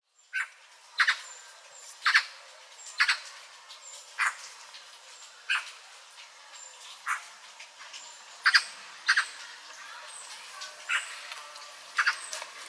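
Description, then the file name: Eurasian magpie calls: a series of dry, harsh chacks spaced roughly a second apart, with soft high bird notes behind. "Pica pica"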